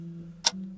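A single sharp, crisp tick of a kitchen clock, broken for months and now ticking again, stands out against a steady low hum, with no voices present.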